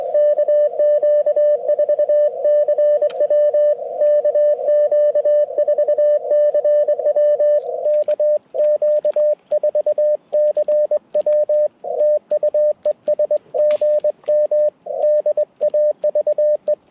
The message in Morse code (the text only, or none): KQ4CW KQ4CW KQ4CW TU ES GM DAVE